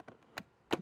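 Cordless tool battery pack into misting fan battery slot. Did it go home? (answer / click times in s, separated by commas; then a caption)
yes / 0.7 s. A 20V slide-on battery pack is pushed into the battery slot of a Craftsman 20V CMCE003/CMCE003b misting fan. A few light taps at 0.0, 0.1 and 0.4 s are followed by a sharp snap at 0.7 s. The battery latches and is seated.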